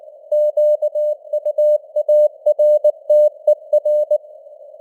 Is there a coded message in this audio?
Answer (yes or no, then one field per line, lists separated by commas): yes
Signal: Morse code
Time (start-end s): 0.3-4.2 s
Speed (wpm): 19 wpm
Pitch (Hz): 600 Hz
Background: none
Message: QUARTER